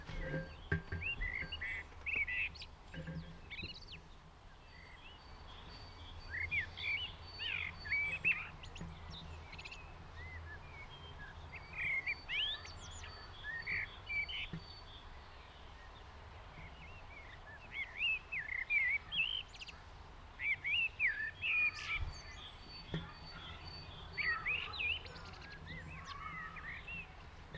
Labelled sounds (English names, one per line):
Common Blackbird song